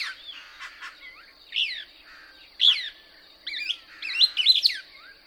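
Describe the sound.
Couch's Kingbird song: scattered bright chips, then quick runs of rising-and-falling twittered notes near the end, with a constant high buzzing hum in the background.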